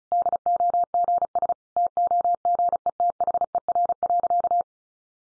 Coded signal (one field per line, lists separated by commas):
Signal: Morse code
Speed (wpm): 34 wpm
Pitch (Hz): 700 Hz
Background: none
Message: DOGS TOGETHER.